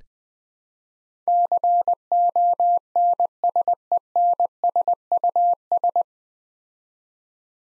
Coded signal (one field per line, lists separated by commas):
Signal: Morse code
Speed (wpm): 20 wpm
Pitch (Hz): 700 Hz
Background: none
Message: CONSENSUS